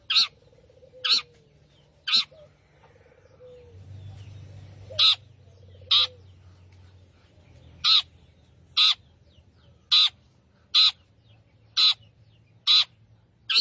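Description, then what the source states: Long-tailed shrike giving loud, harsh, rasping notes, repeated roughly once a second with brief pauses, over a faint low hum and a soft whining tone. Singing lively in the gacor style.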